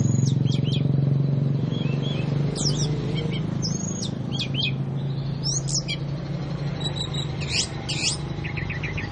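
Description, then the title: Oriental magpie-robin singing bright, clipped whistles and quick slurred phrases in bursts, with a constant low hum underneath. "Kicau Kacer"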